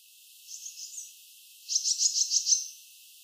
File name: Cyanistes caeruleus